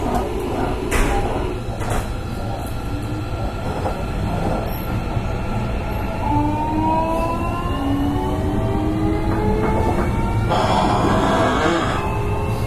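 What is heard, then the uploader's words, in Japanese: An electric train heard while running, with a steady dense rumble and clatter throughout. From about six seconds, motor whines rise in pitch as the train speeds up, and brief bright bursts near one, two and ten seconds cut through the noise. JR305系 筑前前原から天神まで。JR九州の305系電車の走行音です。直通の普通列車にて収録しました。区間は、筑前前原から天神までです。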